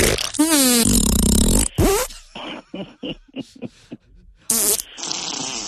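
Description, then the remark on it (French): A loud, raspy fart sound with buzzing, wavering pitch, followed by a string of short sputtering bursts and a final drawn-out hiss, with no talking. “Et là, je vais te faire un pet de cul, là.”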